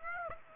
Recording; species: mosquito wingbeat signal from an infrared sensor; Aedes aegypti